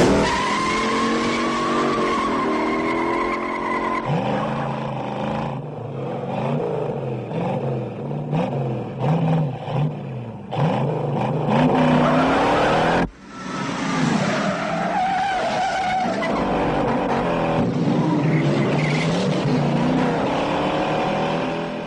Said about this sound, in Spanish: Sabe irse a tiempo para dejarnos el rugido del Mustang, característico y pasional, mezclado con el rudo carburador del Dodge. Un momento increíble, ya que la ausencia de música es total y solo se escuchan los motores.